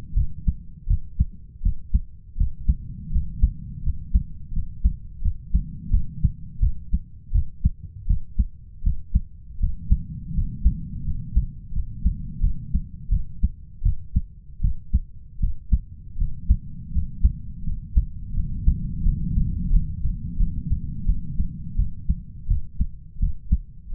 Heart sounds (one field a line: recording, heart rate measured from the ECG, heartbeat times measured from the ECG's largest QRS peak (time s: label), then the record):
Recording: heart sounds by stethoscope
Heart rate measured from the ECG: 83 bpm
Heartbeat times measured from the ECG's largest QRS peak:
0.14 s: heartbeat
0.87 s: heartbeat
1.62 s: heartbeat
2.37 s: heartbeat
3.11 s: heartbeat
3.83 s: heartbeat
4.52 s: heartbeat
5.21 s: heartbeat
5.90 s: heartbeat
6.60 s: heartbeat
7.32 s: heartbeat
8.06 s: heartbeat
8.83 s: heartbeat
9.59 s: heartbeat
10.33 s: heartbeat
11.04 s: heartbeat
11.72 s: heartbeat
12.40 s: heartbeat
13.09 s: heartbeat
13.82 s: heartbeat
14.61 s: heartbeat
15.39 s: heartbeat
16.17 s: heartbeat
16.92 s: heartbeat
17.64 s: heartbeat
18.33 s: heartbeat
19.02 s: heartbeat
19.70 s: heartbeat
20.37 s: heartbeat
21.06 s: heartbeat
21.76 s: heartbeat
22.47 s: heartbeat
23.19 s: heartbeat
23.91 s: heartbeat
From the record:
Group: healthy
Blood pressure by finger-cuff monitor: 114/69 mmHg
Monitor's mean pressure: 87 mmHg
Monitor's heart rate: 85 bpm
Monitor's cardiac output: 7.7 L/min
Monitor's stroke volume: 92 mL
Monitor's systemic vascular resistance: 820 dyn s/cm5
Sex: male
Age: 33 years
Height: 179 cm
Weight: 80.4 kg